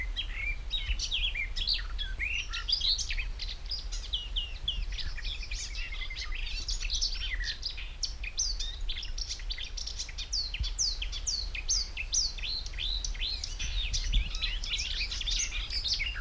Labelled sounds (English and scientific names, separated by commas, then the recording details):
Icterine Warbler (Hippolais icterina)
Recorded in the wild
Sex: male
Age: adult
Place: Kremmen, Brandenburg, DE
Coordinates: 52.76, 13.03
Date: 1995-06-03 15:40
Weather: heiter, 18-20°C
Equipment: Marantz CP 430, Sennheiser ME 80, Kopie Uher 4000 Report Monitor
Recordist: Tembrock, Günter